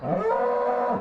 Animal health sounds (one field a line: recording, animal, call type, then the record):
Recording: contact call of a hoofed animal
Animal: cattle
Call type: low-frequency (closed-mouth) or high-frequency (open-mouth) call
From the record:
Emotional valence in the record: negative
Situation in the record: full separation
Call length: 1.01 s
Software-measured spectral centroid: 930 Hz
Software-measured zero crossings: 1300 a second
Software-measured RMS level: -24 dBFS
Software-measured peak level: -12 dBFS